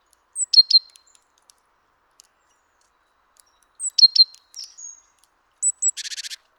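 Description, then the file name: Great tit calls: two bursts of high sharp chipping notes with thin whistled tails, then a brief harsh buzzing chatter at the end. "Parus major"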